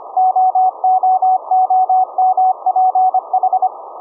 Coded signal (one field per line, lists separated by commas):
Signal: Morse code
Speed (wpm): 25 wpm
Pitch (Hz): 750 Hz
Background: none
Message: OOOMPH